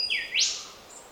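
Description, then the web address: Bird call: one loud whistle that holds steady, then swoops sharply upward and fades, with a faint high tone trailing afterward. Bird recorded in Australia; species unidentified; a sequence of calls. "Sound Effects-Foundation BIRD AUSTRALIAN UNKNOWN SEQUENCE"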